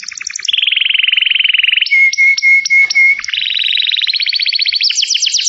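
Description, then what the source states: Atlantic canary song, dense fast trills, a run of sharp repeated pure whistled notes in the middle, then rolling trills climbing higher. Used to lure birds.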